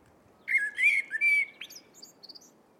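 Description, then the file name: Eurasian blackbird: a single flowing fluty phrase of mellow, slurred whistles, then a series of faint, very high twittering notes. "Turdus merula"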